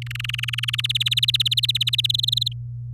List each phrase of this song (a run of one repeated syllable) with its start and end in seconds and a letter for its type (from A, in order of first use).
0.02-0.81 A, 0.84-2.06 B, 2.09-2.48 C